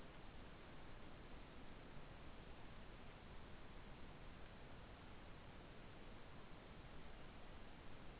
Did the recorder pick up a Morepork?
no